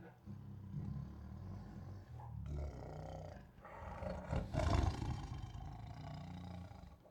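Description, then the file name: Tiger growling in long, throaty rumbles, low and continuous with brief pauses, swelling louder and rougher after the middle before easing off. Annoyed tiger making throaty growls. "Annoyed Tiger Makes Throaty Growls [Sound Ideas]"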